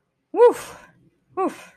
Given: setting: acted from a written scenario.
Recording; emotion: vocal sound without words; pride